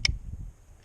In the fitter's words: So that click is disengaging the progress capture pawl